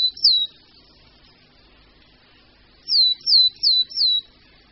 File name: Sýkora-babka